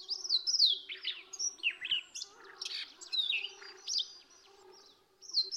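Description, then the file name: Siberian rubythroat song of rapid high warbled phrases, mixing slurred whistles and scratchy notes, broken by brief gaps, with a steady low hum underneath. Song variation. "suara siberian rubythroat variasi"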